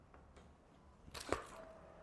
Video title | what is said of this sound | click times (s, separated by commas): പവറുള്ള power wheelchair ഇതാണ്... ESLEH VICTOR POWER WHEELCHAIR | ഈ സൈഡിൽ കൊന്നു കഴിഞ്ഞാൽ ഇവിടെ ഇവിടെ ലോക്ക് ചെയ്തിട്ട് ഇവിടെ ലോക്ക് ചെയ്യാം | 1.2 s, 1.3 s